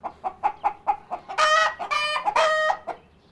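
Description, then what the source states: Japanese chicken giving a run of short, evenly spaced clucks, then breaking into loud, harsh, drawn-out squawks, with a few clucks trailing off at the end. Squawking and clucking.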